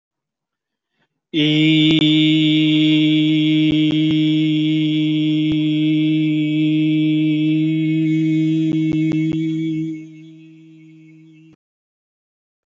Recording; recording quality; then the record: sustained vowel as in beet; excellent, no background noise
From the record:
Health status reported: COVID-19 positive, mild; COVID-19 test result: positive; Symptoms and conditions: cough, cold, fever, fatigue, hypertension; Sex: male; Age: 60 years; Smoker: not ticked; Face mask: not worn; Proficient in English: yes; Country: India